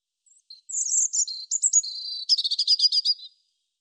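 European robin song, high thin whistled notes leading into a fast trilling series of sharp ticking notes, about three seconds long, with nothing else audible.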